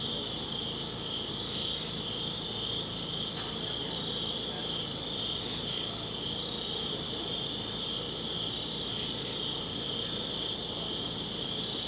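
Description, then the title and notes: Steady high-pitched cricket chorus with occasional doubled chirps popping out every few seconds, low hum beneath. Crickets outdoors at a summit at dusk. "Ext. Summit Crickets, Dusk by Bandeto"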